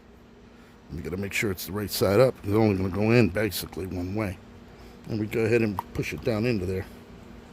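During a rebuild of a Rolls-Royce hydraulic G valve, an internal part, which only fits one way up, is being pushed down into its position in the valve body. Someone talks throughout over a low background, and nothing has seated or clicked yet by the end of the clip.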